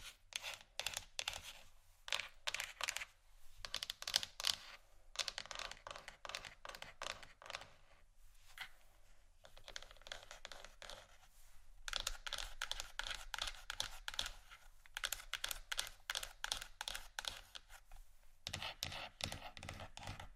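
Scratchy tapping comes in dense runs of quick, bright clicks, much like fast typing on a keyboard. Bursts last a second or two, separated by short pauses, with a long continuous stretch from about 12 to 18 seconds. A faint low hum sits underneath throughout.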